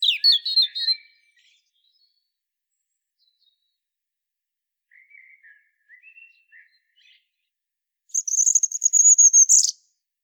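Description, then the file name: European robin song in scattered phrases: a tumbling warble, soft lower notes after a long silence, then a high, thin, trilled whistle near the end. "Erithacus rubecula"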